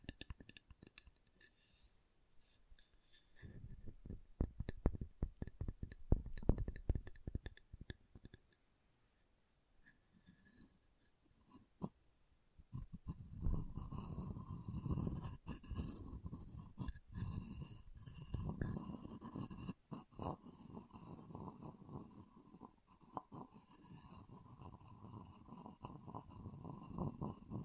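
Wood triggers: sparse clicks at first, then a burst of quick tapping from about 3 to 9 seconds. After a short quiet gap, steady rough rubbing and scratching fills the rest, dense and low with a faint whistling edge on top.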